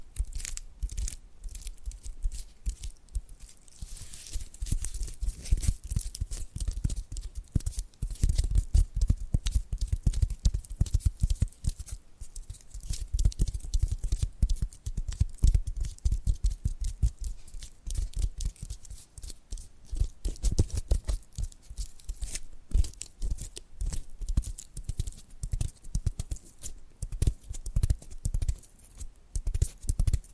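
Tapping and scratching sounds run without pause for the whole half minute, a dense stream of quick, irregular strikes and rasping strokes. A low thudding body sits under crisp, bright scratchy edges, with brief lulls near four and twenty seconds before the pace picks up again.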